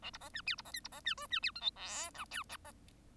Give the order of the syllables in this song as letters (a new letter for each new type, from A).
A B C D E B C F B C D G D E H I J K L